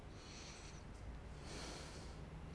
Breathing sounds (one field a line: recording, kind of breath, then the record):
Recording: one breath in and out by a microphone near the nose and mouth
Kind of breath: deep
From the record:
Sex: male